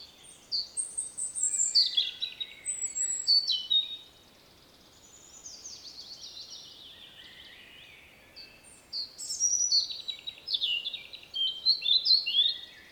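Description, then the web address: European robin song: two bursts of high, sweet, jumbled notes with a quiet gap of several seconds between them. "SETE data Erithacus rubecula"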